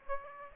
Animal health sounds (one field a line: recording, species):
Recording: mosquito wingbeat signal from an infrared sensor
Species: Aedes aegypti